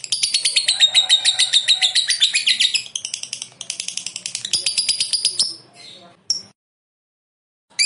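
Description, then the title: Lovebird song: rapid, high, scratchy chirps repeated several times a second, then a brief falter and a silent pause before the chirping starts again. "Suara Lovebird Ini"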